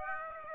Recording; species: mosquito wingbeat signal from an infrared sensor; Aedes aegypti